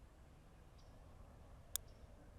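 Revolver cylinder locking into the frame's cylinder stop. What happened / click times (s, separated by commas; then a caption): A small metal latch snapped into its locked position / 1.8 s. A Smith & Wesson 351 C .22 Magnum revolver is cycled by hand, and its cylinder in the aluminum frame rotates until it engages the cylinder stop. A single sharp, bright click is heard at 1.8 s over a quiet low hum. The cylinder locks into place.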